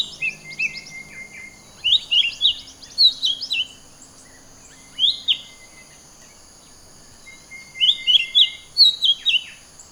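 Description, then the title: Bird song of short, bright chirps and downslurred notes in bursts, with pauses between phrases, over a steady high whine and faint hiss. "SuaraBurung Kicau9"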